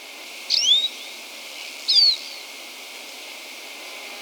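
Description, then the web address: Andean siskin giving two thin, high slurred whistled phrases about one and a half seconds apart, with a faint steady hiss behind. Recorded in Ecuador. "Birds of Ecuador. Andean Siskin"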